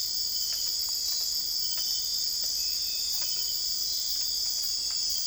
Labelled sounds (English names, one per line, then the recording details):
none
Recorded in dense forest near Puerto Asís, Putumayo, Colombia, on 21 December 2024 at 03:00
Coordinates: 0.485, -76.318
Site GP03